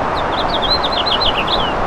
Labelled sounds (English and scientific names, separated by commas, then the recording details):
House Finch (Haemorhous mexicanus) song
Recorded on Long Island, New York, on 2 June 2011
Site FL
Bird A